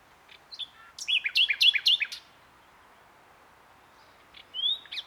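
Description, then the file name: Common nightingale phrase of quickly repeated rich, looping whistled notes, followed by silence and a few more notes including a rising whistle. "Luscinia megarhynchos"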